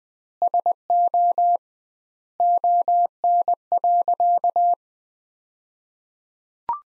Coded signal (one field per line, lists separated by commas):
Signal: Morse code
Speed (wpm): 20 wpm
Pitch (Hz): 700 Hz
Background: none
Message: SO ON.